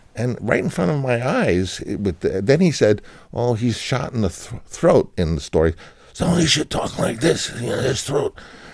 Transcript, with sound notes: And right in front of my eyes - but then he said, oh, he's shot in the throat in the story, (impersonating Brando) so he should talk like this. You know, his throat.